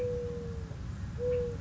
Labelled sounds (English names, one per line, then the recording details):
Mourning Dove
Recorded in Sonoma County, California